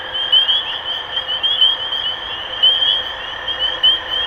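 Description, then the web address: Chorus of spring peepers giving bright rising peeps over one another, with a steady lower tone throughout. Recorded 23 March 2012. "rob animals Peepers-2012-0323"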